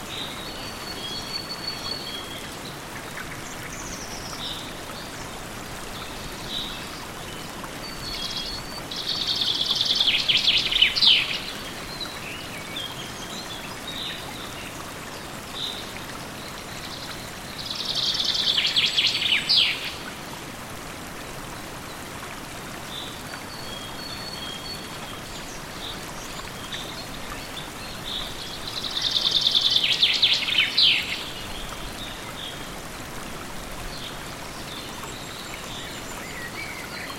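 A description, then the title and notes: A calm creek and a small waterfall in the distance make a steady, even rush of water throughout. Birds call over it in three louder bursts of bright chirping, around 10, 18 and 30 seconds, with fainter high calls scattered between. FOREST CREEK AMBIENCE. Spend a day in a deep lush forest. Surrounded by the sounds of birds, a calm creek, and a small waterfall in the distance.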